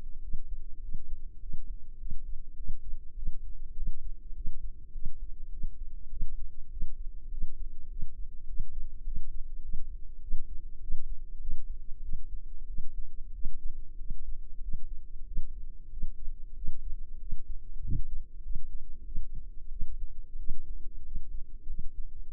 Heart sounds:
heart sounds by microphone in the left ear; 98 bpm
0.20 s: heartbeat
0.80 s: heartbeat
1.39 s: heartbeat
1.97 s: heartbeat
2.55 s: heartbeat
3.14 s: heartbeat
3.74 s: heartbeat
4.33 s: heartbeat
4.92 s: heartbeat
5.50 s: heartbeat
6.09 s: heartbeat
6.69 s: heartbeat
7.29 s: heartbeat
7.88 s: heartbeat
8.46 s: heartbeat
9.03 s: heartbeat
9.61 s: heartbeat
10.20 s: heartbeat
10.79 s: heartbeat
11.39 s: heartbeat
12.01 s: heartbeat
12.66 s: heartbeat
13.32 s: heartbeat
13.97 s: heartbeat
14.60 s: heartbeat
15.24 s: heartbeat
15.89 s: heartbeat
16.54 s: heartbeat
17.18 s: heartbeat
17.81 s: heartbeat
18.42 s: heartbeat
19.04 s: heartbeat
19.69 s: heartbeat
20.37 s: heartbeat
21.02 s: heartbeat
21.66 s: heartbeat
22.32 s: heartbeat
From the record:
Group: healthy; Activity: rest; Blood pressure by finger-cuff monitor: 103/54 mmHg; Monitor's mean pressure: 72 mmHg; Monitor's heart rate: 99 bpm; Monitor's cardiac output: 9.3 L/min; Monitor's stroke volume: 93 mL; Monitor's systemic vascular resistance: 550 dyn s/cm5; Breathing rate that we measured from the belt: 18 breaths a minute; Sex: female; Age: 24 years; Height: 163 cm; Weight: 55.7 kg

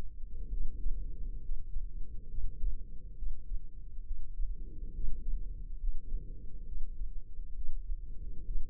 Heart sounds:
heart sounds by microphone in the left ear; 68 bpm
0.49 s: heartbeat
1.40 s: heartbeat
2.26 s: heartbeat
3.14 s: heartbeat
4.03 s: heartbeat
4.92 s: heartbeat
5.78 s: heartbeat
6.64 s: heartbeat
7.52 s: heartbeat
8.44 s: heartbeat
From the record:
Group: healthy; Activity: rest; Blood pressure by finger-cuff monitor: 98/58 mmHg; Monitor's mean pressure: 75 mmHg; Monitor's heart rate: 68 bpm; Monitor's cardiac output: 6.2 L/min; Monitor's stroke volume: 93 mL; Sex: female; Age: 32 years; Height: 172 cm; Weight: 71.7 kg

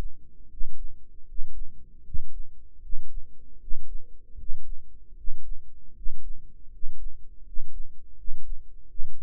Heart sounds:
heart sounds by microphone in the right ear; 79 bpm
0.48 s: heartbeat
1.25 s: heartbeat
2.03 s: heartbeat
2.80 s: heartbeat
3.58 s: heartbeat
4.36 s: heartbeat
5.15 s: heartbeat
5.93 s: heartbeat
6.69 s: heartbeat
7.43 s: heartbeat
8.15 s: heartbeat
8.86 s: heartbeat
From the record:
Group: healthy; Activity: rest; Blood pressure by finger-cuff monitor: 94/65 mmHg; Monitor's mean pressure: 71 mmHg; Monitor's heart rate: 77 bpm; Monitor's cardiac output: 6.1 L/min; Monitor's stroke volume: 79 mL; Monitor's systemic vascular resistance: 840 dyn s/cm5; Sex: male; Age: 35 years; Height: 180 cm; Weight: 86.9 kg

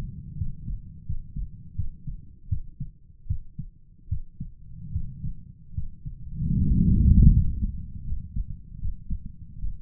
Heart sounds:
heart sounds by stethoscope; 78 bpm
0.37 s: heartbeat
1.06 s: heartbeat
1.75 s: heartbeat
2.49 s: heartbeat
3.27 s: heartbeat
4.09 s: heartbeat
4.92 s: heartbeat
5.74 s: heartbeat
6.57 s: heartbeat
7.31 s: heartbeat
8.04 s: heartbeat
8.79 s: heartbeat
9.58 s: heartbeat
From the record:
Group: healthy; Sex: male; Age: 35 years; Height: 178 cm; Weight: 64 kg

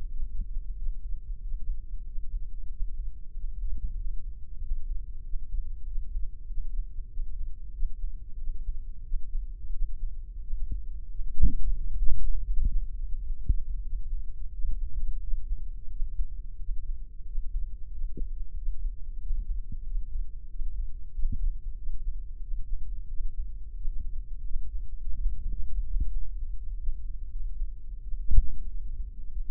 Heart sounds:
heart sounds by microphone in the left ear; 90 bpm
0.11 s: heartbeat
0.78 s: heartbeat
1.43 s: heartbeat
2.07 s: heartbeat
2.72 s: heartbeat
3.36 s: heartbeat
4.00 s: heartbeat
4.63 s: heartbeat
5.26 s: heartbeat
5.88 s: heartbeat
6.50 s: heartbeat
7.12 s: heartbeat
7.75 s: heartbeat
8.39 s: heartbeat
9.06 s: heartbeat
9.74 s: heartbeat
10.43 s: heartbeat
11.11 s: heartbeat
11.79 s: heartbeat
12.47 s: heartbeat
13.17 s: heartbeat
13.85 s: heartbeat
14.54 s: heartbeat
15.23 s: heartbeat
15.92 s: heartbeat
16.61 s: heartbeat
17.28 s: heartbeat
17.94 s: heartbeat
18.58 s: heartbeat
19.23 s: heartbeat
19.87 s: heartbeat
20.51 s: heartbeat
21.15 s: heartbeat
21.79 s: heartbeat
22.44 s: heartbeat
23.11 s: heartbeat
23.78 s: heartbeat
24.46 s: heartbeat
25.16 s: heartbeat
25.87 s: heartbeat
26.59 s: heartbeat
27.33 s: heartbeat
28.04 s: heartbeat
28.70 s: heartbeat
29.33 s: heartbeat
From the record:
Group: healthy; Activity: Valsalva maneuver 0-26 s, rest 26-30 s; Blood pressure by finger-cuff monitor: 137/81 mmHg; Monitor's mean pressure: 93 mmHg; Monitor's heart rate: 91 bpm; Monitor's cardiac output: 6.9 L/min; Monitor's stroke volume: 77 mL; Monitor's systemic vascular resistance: 990 dyn s/cm5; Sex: male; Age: 21 years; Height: 175 cm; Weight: 72.6 kg

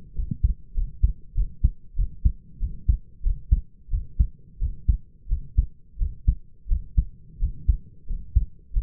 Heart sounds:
heart sounds by stethoscope; 91 bpm
0.14 s: heartbeat
0.74 s: heartbeat
1.34 s: heartbeat
1.96 s: heartbeat
2.59 s: heartbeat
3.23 s: heartbeat
3.90 s: heartbeat
4.59 s: heartbeat
5.28 s: heartbeat
5.98 s: heartbeat
6.68 s: heartbeat
7.39 s: heartbeat
8.07 s: heartbeat
8.73 s: heartbeat
From the record:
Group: healthy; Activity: rest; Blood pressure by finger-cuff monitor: 110/69 mmHg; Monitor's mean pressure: 79 mmHg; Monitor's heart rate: 90 bpm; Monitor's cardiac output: 6.5 L/min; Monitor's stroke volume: 69 mL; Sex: male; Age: 22 years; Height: 181 cm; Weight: 60 kg

